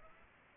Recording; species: mosquito wingbeat signal from an infrared sensor; Culex pipiens